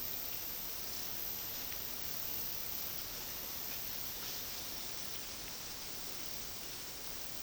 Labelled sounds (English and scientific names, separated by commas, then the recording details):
none
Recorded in pastures near Puerto Asís, Putumayo, Colombia, on 21 February 2024 at 10:30
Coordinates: 0.468, -76.328
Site G6414